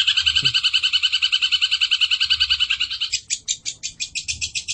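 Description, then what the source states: Streaked spiderhunter song: a steady series of rich, rapid high notes that shift after three seconds into a sharper, more spaced chatter. Long, clear, vigorously delivered song, used as a tutor recording for training birds.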